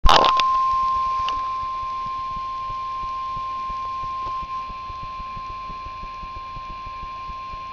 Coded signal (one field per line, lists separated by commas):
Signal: Emergency Alert System (SAME) tones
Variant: 1050 Hz attention tone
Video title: Real NOAA Weather Radio EAS Alert #48